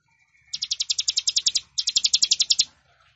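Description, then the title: Plain prinia song: two rapid bursts of dry, buzzy, clicking notes, separated by a brief pause, over quiet background. "Ciblek Sawah"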